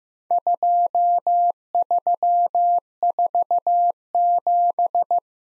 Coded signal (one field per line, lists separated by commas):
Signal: Morse code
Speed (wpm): 15 wpm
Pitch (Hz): 700 Hz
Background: none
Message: 2347